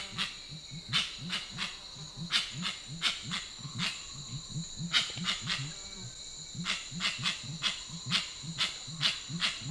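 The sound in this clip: Grey-winged trumpeter calls: a long run of low, quick hoots, with repeated dry ticking and a steady high whine behind.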